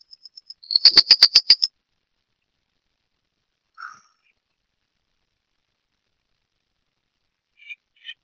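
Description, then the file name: Wren-like rushbird calling: a few soft high ticks quicken into a loud, rapid chattering burst lasting about a second, then a lone lower note and two brief high chips after long silence. "Phleochryptes melanops - Junquero"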